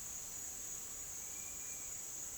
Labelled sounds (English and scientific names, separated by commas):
none